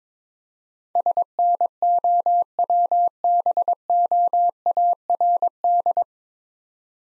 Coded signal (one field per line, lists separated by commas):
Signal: Morse code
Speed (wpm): 22 wpm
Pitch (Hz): 700 Hz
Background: none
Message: SNOWBOARD